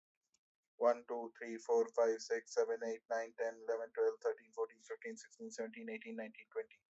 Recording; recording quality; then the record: counting at a fast pace; excellent, no background noise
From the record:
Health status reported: healthy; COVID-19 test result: not tested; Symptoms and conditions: sore throat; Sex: male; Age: 27 years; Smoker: not ticked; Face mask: not worn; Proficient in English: yes